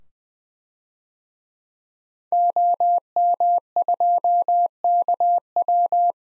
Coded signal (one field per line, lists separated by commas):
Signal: Morse code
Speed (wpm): 20 wpm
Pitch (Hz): 700 Hz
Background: none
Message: OM2KW